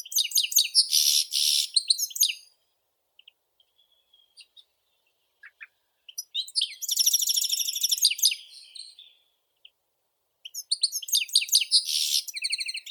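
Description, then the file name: European goldfinch song: three outbursts of tinkling twitters and harsh buzzy rattles, separated by long gaps holding only faint single notes. "Golosa ptic - CSHegol Carduelis carduelis"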